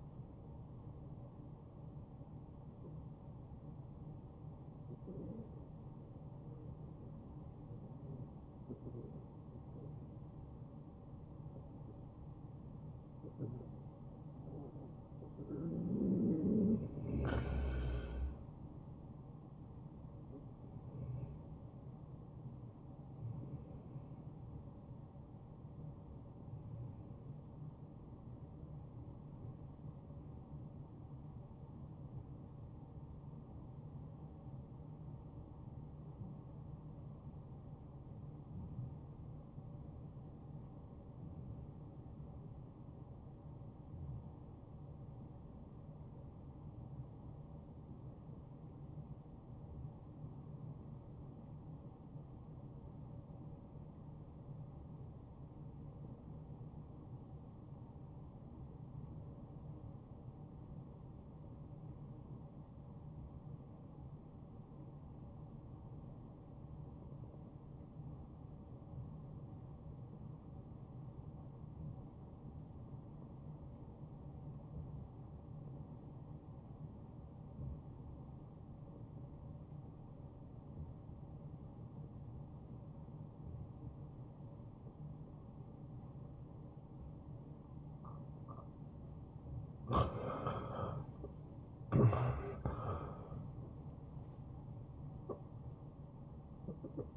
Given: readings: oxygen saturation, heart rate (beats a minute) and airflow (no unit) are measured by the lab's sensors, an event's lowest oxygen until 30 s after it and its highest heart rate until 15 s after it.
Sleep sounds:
breathing in sleep by a smartphone at the bedside; 2
3.00-15.50 s: obstructive apnea (N1, oxygen 73% highest, then 68% lowest, heart rate 91 at the start, 91 highest)
24.00-84.00 s: new sleep stage, REM sleep
35.00-89.70 s: obstructive apnea (REM, oxygen 93% highest, then 67% lowest, heart rate 80 at the start, 94 highest)
84.00-97.17 s: new sleep stage, N1 (lightest sleep)
From the record:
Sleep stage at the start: N1 (lightest sleep); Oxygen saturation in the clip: 68 to 93%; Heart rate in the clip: 57 to 94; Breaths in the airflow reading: 8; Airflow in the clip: -12.4 to 6.6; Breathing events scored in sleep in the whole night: 263 in 5.5 hours asleep

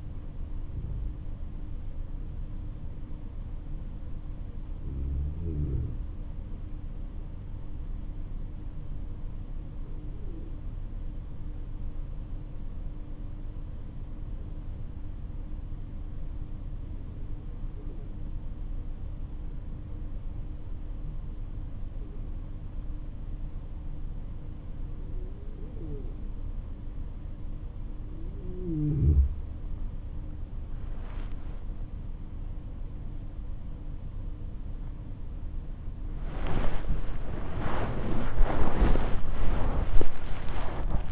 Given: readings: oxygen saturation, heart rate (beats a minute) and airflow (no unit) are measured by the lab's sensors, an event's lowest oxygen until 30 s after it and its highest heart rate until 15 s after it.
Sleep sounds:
breathing in sleep by a smartphone at the bedside; 1
2.00-32.00 s: new sleep stage, N1 (lightest sleep)
10.00-33.40 s: hypopnea (N1, oxygen 96% highest, then 92% lowest, heart rate 49 at the start, 84 highest)
32.00-41.12 s: new sleep stage, awake
37.00-41.12 s: awake
From the record:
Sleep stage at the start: N2 (light sleep); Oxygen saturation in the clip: 92 to 96%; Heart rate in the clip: 48 to 69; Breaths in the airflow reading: 5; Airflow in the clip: -8.2 to 12.5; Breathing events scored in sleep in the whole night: 304 in 5.6 hours asleep

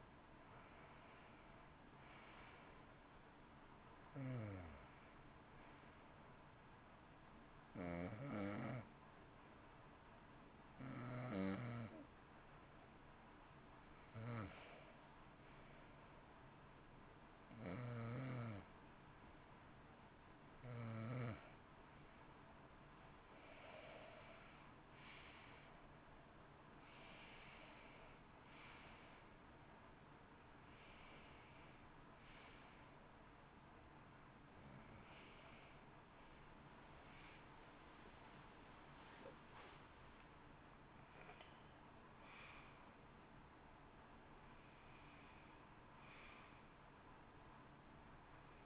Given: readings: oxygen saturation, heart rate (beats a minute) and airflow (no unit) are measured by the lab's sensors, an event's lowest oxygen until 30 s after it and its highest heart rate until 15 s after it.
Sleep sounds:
breathing in sleep by a voice recorder at the bedside; 1
7.00-27.00 s: hypopnea (N2, oxygen 94% highest, then 89% lowest, heart rate 60 at the start, 67 highest)
32.00-48.66 s: new sleep stage, N1 (lightest sleep)
From the record:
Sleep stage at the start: N2 (light sleep); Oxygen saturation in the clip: 91 to 94%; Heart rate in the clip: 57 to 70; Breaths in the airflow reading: 13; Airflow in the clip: -14.1 to 15.7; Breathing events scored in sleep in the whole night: 328 in 6.3 hours asleep

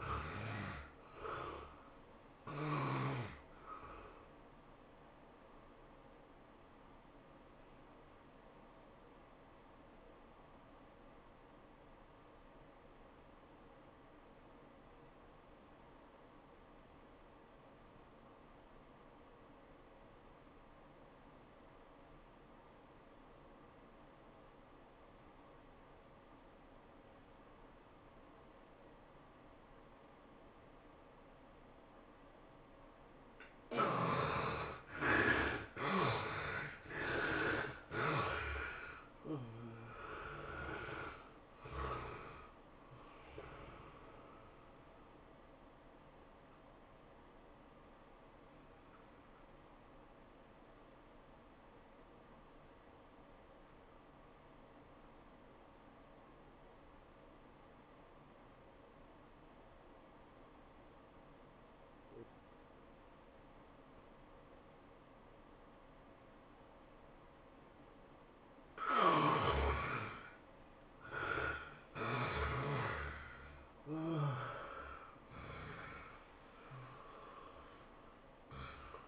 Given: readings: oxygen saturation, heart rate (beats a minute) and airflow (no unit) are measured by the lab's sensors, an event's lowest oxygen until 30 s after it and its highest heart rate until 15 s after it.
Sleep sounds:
breathing in sleep by a voice recorder at the bedside; 2
14.00-34.20 s: obstructive apnea (N1, oxygen 96% highest, then 68% lowest, heart rate 93 at the start, 106 highest)
50.00-71.60 s: obstructive apnea (N1, oxygen 96% highest, then 73% lowest, heart rate 94 at the start, 111 highest)
From the record:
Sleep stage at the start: N1 (lightest sleep); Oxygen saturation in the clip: 68 to 96%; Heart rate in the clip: 77 to 111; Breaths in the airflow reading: 10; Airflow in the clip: -15.3 to 17.6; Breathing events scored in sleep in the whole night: 403 in 5.5 hours asleep

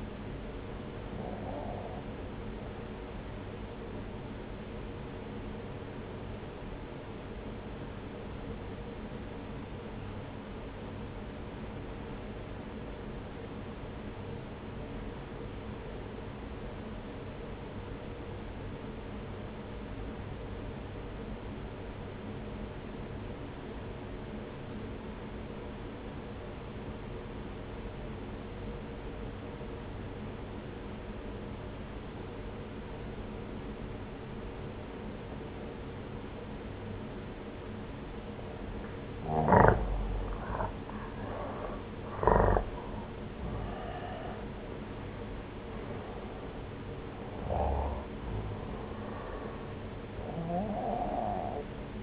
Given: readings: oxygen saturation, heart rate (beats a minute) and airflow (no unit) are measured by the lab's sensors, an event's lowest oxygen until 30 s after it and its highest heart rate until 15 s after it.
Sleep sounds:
breathing in sleep by a voice recorder at the bedside; 1
7.00-39.50 s: obstructive apnea (N1, oxygen 95% highest, then 84% lowest, heart rate 62 at the start, 70 highest)
From the record:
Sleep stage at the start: N1 (lightest sleep); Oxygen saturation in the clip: 85 to 95%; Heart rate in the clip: 59 to 70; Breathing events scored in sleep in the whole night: 303 in 8.1 hours asleep

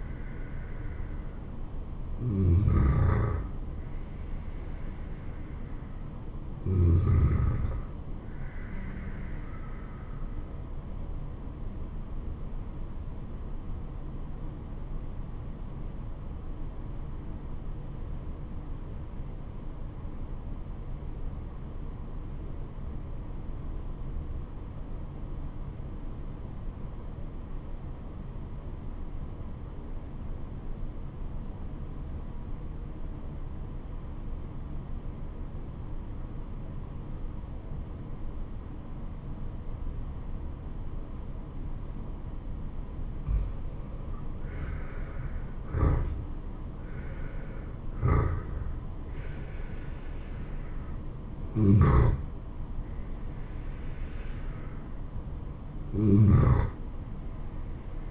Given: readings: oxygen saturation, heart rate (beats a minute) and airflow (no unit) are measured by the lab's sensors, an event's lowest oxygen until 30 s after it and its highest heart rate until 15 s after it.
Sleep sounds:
breathing in sleep by a smartphone at the bedside; 1
13.00-45.20 s: obstructive apnea (N2, oxygen 96% highest, then 79% lowest, heart rate 79 at the start, 79 highest)
From the record:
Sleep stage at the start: N2 (light sleep); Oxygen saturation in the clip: 81 to 96%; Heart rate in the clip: 66 to 80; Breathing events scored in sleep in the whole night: 426 in 7.4 hours asleep

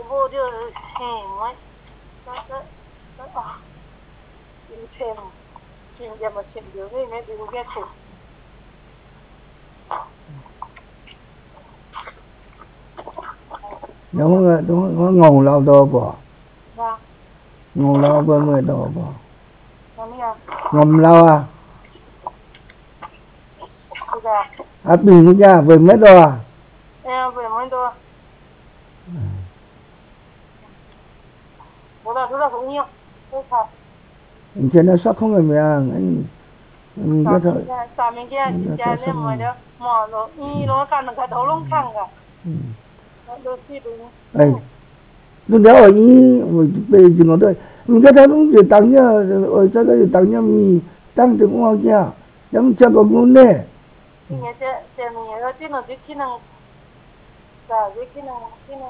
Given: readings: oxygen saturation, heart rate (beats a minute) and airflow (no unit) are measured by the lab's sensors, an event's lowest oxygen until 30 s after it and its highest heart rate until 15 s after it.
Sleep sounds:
a person awake in a sleep study, by a voice recorder at the bedside; none
0.00-58.90 s: awake
From the record:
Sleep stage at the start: awake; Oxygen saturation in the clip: 92 to 95%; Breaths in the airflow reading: 17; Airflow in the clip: -7.6 to 7.8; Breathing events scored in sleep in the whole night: 270 in 6.1 hours asleep

